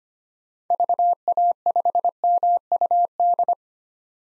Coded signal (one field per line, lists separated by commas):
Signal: Morse code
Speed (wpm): 25 wpm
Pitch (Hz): 700 Hz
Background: none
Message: VA5MUD